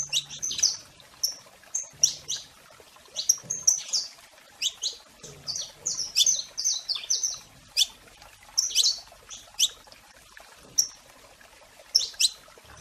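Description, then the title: Domestic canary song, a lively run of high chirps, sweeps and clear whistled notes delivered in quick irregular bursts. Portuguese canary breed. "Kenari Portugis"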